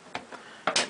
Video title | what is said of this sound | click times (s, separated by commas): Part 2 - GSG-5 Full Teardown & Screw Upgrade | press it together until it snaps together just like that | 0.7 s